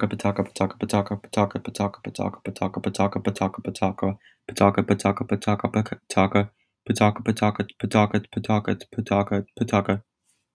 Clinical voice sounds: repeated syllables /pa ta ka/; male; 20 to 29 years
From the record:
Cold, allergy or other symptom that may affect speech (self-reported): no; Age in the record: 20 years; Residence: Texas, United States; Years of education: 13

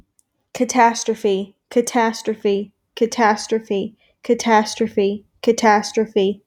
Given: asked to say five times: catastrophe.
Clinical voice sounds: repeated word; female; 20 to 29 years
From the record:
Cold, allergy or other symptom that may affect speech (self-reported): no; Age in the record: 22 years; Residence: North Carolina, United States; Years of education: 16

